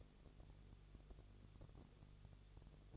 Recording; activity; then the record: daily activity, microphone in the room; no activity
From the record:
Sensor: 4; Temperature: 22.3 degrees Celsius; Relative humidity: 32.8%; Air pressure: 1002.0 hPa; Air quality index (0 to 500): 185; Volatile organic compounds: 4 ppm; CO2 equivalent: 1631 ppm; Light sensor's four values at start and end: 2/3/1/1 and 2/3/1/1